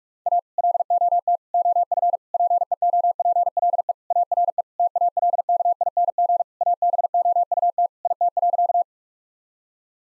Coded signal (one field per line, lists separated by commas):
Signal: Morse code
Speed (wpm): 41 wpm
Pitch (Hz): 700 Hz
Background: none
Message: A LOT OF PEOPLE ARE TALKING ABOUT IT.